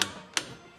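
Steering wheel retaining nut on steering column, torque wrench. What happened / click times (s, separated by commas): The torque wrench clicked at its set torque / 0.4 s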